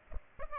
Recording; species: mosquito wingbeat signal from an infrared sensor; Aedes aegypti